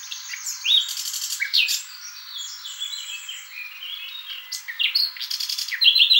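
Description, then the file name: Common nightingale singing a dense, varied stream of high whistles, chirps and short trills, with a quick run of bright notes closing the passage. "Luscinia megarhynchos"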